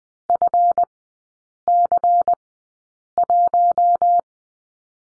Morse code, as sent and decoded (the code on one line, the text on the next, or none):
..-. -.-. .----
FC1